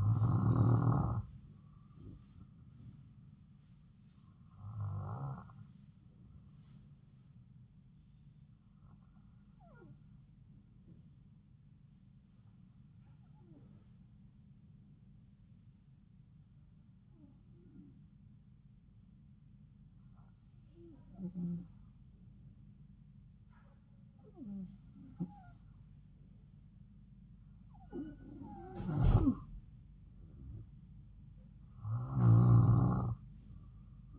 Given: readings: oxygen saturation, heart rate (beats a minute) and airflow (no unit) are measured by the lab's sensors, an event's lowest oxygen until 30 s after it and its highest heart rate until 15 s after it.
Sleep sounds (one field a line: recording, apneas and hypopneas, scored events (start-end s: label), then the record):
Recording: breathing in sleep by a smartphone at the bedside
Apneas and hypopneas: none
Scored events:
none scored
From the record:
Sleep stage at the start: N2 (light sleep)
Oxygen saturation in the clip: 91 to 94%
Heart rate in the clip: 68 to 75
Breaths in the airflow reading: 9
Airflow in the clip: -3.8 to 4.8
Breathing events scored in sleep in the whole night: 270 in 6.1 hours asleep